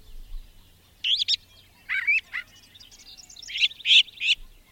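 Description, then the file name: Brown thrasher song: varied, chirpy phrases in short bursts, with brief pauses between phrases. "suara-kicauan-brown-thraser 3-omkicau"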